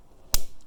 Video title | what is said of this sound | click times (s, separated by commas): ATV UTV U Joint Removal And Install (Replacement) How To DIY | and take the C-clip and push it into place till it snaps in place. Okay. | 0.3 s